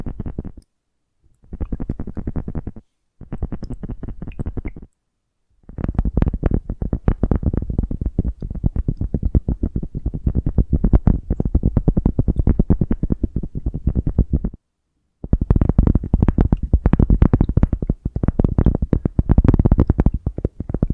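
Dense bursts of rapid tapping and scratching, broken by short silences near one, three, five and fifteen seconds, low-heavy with crisp clicks.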